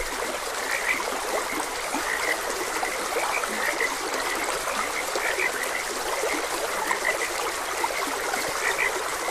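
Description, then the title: Frog chorus of quick, chirpy croaks scattered throughout, set against the constant hiss of flowing stream water. Frogs croaking beside a gentle stream. "Gentle Stream and Frogs Croaking"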